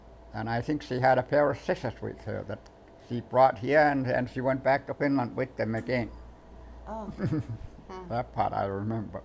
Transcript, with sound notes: And I think she had a pair of scissors with her that she brought here, and, and she went back to Finland with them again. (he laughs)
Oh.
That part I remember.